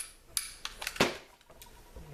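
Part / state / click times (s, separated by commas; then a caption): spring-loaded part into its channel in the pistol frame / seated / 0.4 s. A pick pops a spring-loaded assembly slightly so the reduced-power spring from a Galloway Precision set slips back into its channel in a Smith & Wesson Sigma VE pistol frame, then pushes it home. A sharp metallic click at 0.4 s is followed by fainter clicks and light scraping. The spring and part are fully seated.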